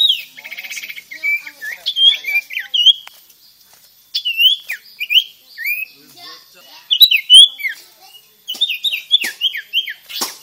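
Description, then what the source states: Sirtu singing: rapid high chirps, slurred whistles and short trills in lively bursts separated by pauses, with a few brief clicks between phrases. Vigorous singing style called gacor.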